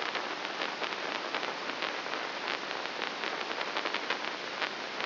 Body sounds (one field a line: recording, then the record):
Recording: brain microelectrode recording played as sound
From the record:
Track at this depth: inside the subthalamic nucleus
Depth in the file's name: 0.107 mm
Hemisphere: right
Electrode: 3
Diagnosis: Parkinson's disease